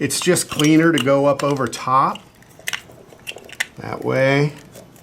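A Dynojet Power Commander V wiring connector is being handled for a Kawasaki Z H2 (2020–2023), routed up over the top toward the motorcycle's harness connector, while someone talks. Short sharp plastic taps and knocks are heard between the speech, but nothing has seated or clicked yet.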